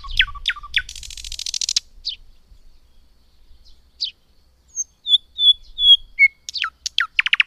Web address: agykontroll Madardalok Cd 2. Nagy fülemüle